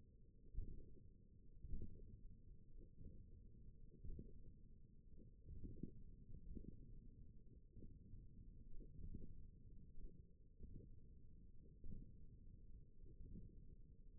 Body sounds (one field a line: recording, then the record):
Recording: forearm muscle sounds (acoustic myography)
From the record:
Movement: wrist flexion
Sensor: system 1, eight BSWA MPA416 microphones around the upper forearm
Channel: 5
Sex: male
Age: 20 years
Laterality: left